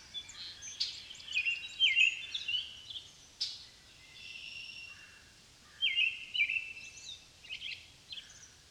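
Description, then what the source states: Common blackbird song with overlapping chirpy warbled phrases and a sharp click near the middle; phrases come in quick, irregular bursts over a faint hiss. Blackbirds, plural, at Amos Pond in the countryside.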